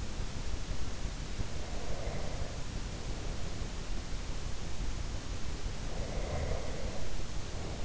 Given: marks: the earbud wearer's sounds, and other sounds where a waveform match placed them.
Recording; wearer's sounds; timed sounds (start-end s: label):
sounds in sleep by an in-ear microphone; breath
1.58-3.59 s: breath
5.69-7.85 s: breath